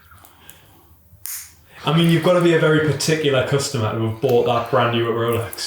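The folding clasp on the metal bracelet of a like-new, unused Rolex watch is snapped shut a second time, giving a loud, crisp snap at 1.3 s as it closes. Someone then talks.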